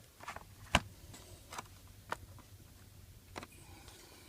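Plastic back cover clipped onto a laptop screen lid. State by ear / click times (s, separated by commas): released / 0.8 s, 2.1 s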